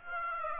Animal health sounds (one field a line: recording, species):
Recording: mosquito wingbeat signal from an infrared sensor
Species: Aedes aegypti